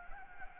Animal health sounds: mosquito wingbeat signal from an infrared sensor; Anopheles gambiae

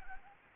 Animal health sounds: mosquito wingbeat signal from an infrared sensor; Anopheles gambiae

